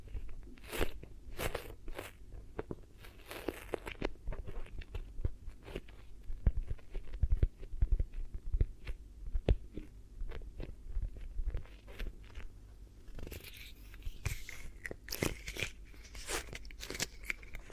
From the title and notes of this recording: ASMR 10 Hypnotic Triggers Around Your Head and Ears (No Talking).